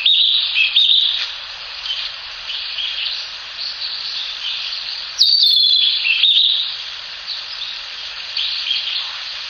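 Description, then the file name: Narcissus flycatcher song: brief clear whistled phrases early on and again around the middle, set against a dense, steady hiss of other birds or insects. "キビタキ"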